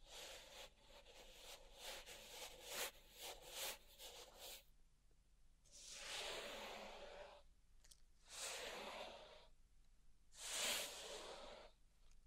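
Close, soft sounds from a salt tray and garden tools: a run of quick gritty scratches and taps for the first few seconds, then slower, airy sweeps and breathy rasps around six, eight and eleven seconds. The sounds are hushed and bright, with quiet pauses between.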